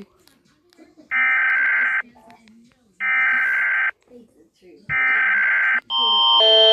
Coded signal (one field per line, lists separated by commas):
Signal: Emergency Alert System (SAME) tones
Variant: header bursts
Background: speech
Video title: Rating EAS Sounds Part 1